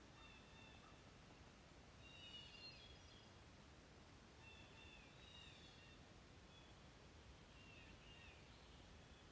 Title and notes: April 27, 2023. I heard my first hermit thrush of the year. Usually it sings alone, but yesterday it had a whole bird chorus keeping it company